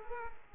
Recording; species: mosquito wingbeat signal from an infrared sensor; Culex quinquefasciatus